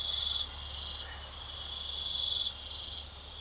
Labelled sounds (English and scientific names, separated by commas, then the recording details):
none
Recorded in pastures near Puerto Asís, Putumayo, Colombia, on 9 March 2025 at 00:30
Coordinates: 0.497, -76.327
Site G072